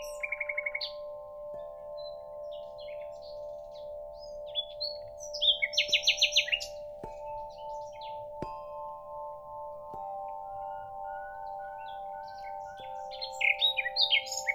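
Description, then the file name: Common nightingale singing separate phrases of rapid repeated notes, buzzy bursts and high trills with pauses between, while sustained low musical tones drone throughout. "Nachtigall"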